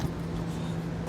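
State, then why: Not seated. A Curt plastic T-connector of a trailer wiring harness, with a yellow connector, is handled as it is plugged in line with the tail light wiring pigtail on a 2021 Mazda CX-5. A steady low hum runs throughout with a brief sharp sound near 1.1 s. The connector has not yet clicked or seated by the end of the clip.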